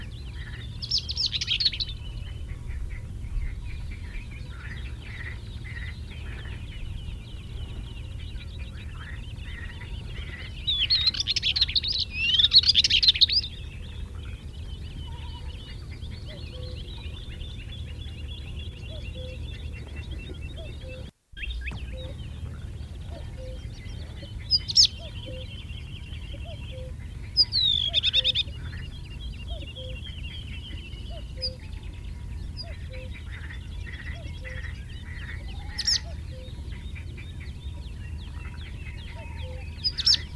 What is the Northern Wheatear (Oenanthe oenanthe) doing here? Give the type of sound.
song